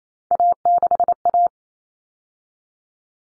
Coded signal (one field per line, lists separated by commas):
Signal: Morse code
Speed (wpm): 28 wpm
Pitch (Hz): 700 Hz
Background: none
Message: A6A